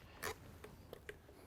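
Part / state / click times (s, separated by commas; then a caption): climbing stick step biting into a tree trunk / not seated / none. A light Trophyline Double Step Mini Sticks climbing stick, strapped to a tree, is handled as someone begins to step up onto it to show how it locks into place under their weight. A short rustling scrape at about 0.3 s is followed by faint, sharp ticks near 0.6 s, 0.9 s and 1.1 s against a quiet background. Nothing has seated or locked into place yet.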